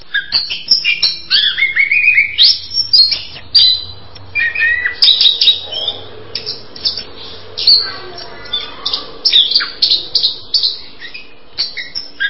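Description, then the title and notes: Bird chirping in a continuous stretch of rapid chirps and twittering phrases over a soft low background hum. "Bird Sound. Kicau Burung Lengkap"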